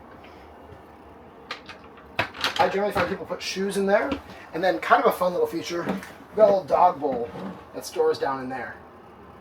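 A small dog bowl is handled at its magnetic storage spot in the entry area of a Pebble travel trailer, with a few brief soft knocks around 1.5–2.4 s while someone talks. The bowl has not yet snapped into place against the magnet; nothing has seated or clicked yet.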